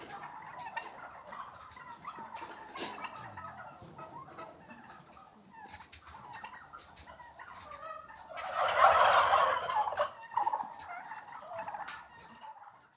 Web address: turkeys interior six month old turkeys mostly stags males startled